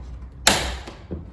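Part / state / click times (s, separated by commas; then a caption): plastic panel into parcel box frame / seated / 0.5 s. A plastic panel of a Keter parcel box is pushed into the box frame until the first snap catches. At 0.5 s there is a sharp, bright plastic click that fades out quickly, followed by a faint low knock at about 1.1 s. The panel snaps into place and is seated.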